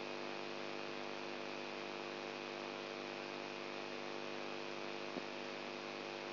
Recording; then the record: brain microelectrode recording played as sound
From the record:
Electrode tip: outside the subthalamic nucleus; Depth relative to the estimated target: -5 mm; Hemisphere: right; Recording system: AlphaMap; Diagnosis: Parkinson's disease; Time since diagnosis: 20 years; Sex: female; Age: 64 years